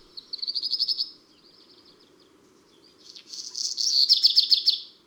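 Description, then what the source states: Black redstart song: a high pulsed trill, a pause, then a louder jangling burst of rapid notes. Recorded in April.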